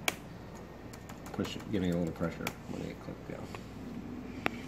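A keycap is laid in place on a Chromebook laptop keyboard and pushed down onto the scissor mechanism with a little pressure until it snaps on. A sharp click at 0.1 s marks it seating, followed by someone talking, light tapping, and another sharp click near 4.5 s. The keycap is pressed home and seated.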